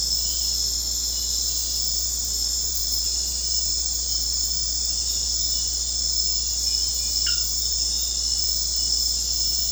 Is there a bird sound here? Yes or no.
no